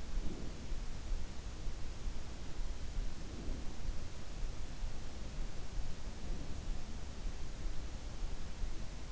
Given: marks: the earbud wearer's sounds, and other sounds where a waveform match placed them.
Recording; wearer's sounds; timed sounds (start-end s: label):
sounds in sleep by an in-ear microphone; breath
0.00-0.86 s: breath
2.98-3.77 s: breath
6.09-6.88 s: breath